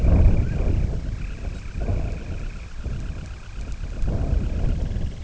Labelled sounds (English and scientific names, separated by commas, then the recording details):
Dunlin (Calidris alpina), unidentified sound
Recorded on Arctic tundra, site IGLO-D, on 18 June 2018
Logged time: 04:00